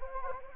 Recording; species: mosquito wingbeat signal from an infrared sensor; Anopheles gambiae